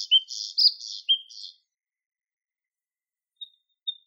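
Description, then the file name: Bluethroat song fragment: a brief buzzy, scratchy phrase with low whistles, followed by silence and two faint thin notes. "Luscinia svecica"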